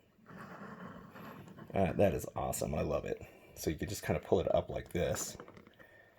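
Someone talks while pulling the movable face panel of a plastic Diamond Select Black Hole Vincent action figure back up toward the figure's head. A few faint, brief handling sounds come near the end, around 5.7 to 5.8 seconds. The panel has not yet clicked back into place.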